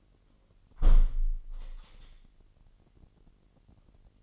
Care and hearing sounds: daily activity, microphone in the room; close window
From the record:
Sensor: 4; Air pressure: 998.7 hPa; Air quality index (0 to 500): 114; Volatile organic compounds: 2 ppm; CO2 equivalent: 1126 ppm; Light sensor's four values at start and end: 10/24/9/10 and 10/24/9/10

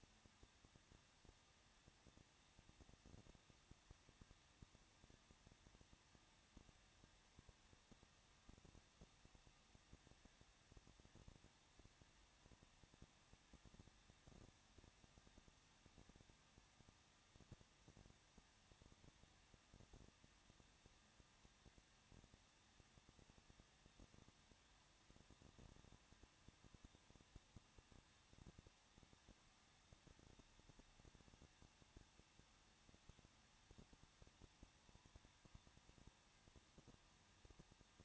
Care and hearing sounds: daily activity, microphone in the room; no activity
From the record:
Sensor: 3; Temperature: 21.2 degrees Celsius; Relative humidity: 36.2%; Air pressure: 1006.5 hPa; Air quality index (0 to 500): 220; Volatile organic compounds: 39 ppm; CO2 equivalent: 3127 ppm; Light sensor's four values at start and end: 2/3/2/2 and 2/3/2/2

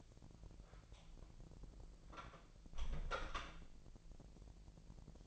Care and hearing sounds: daily activity, microphone in the room; close door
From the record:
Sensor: 5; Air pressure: 1001.6 hPa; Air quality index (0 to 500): 249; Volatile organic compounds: 34 ppm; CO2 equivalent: 3041 ppm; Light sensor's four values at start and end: 39/91/37/36 and 39/92/37/36

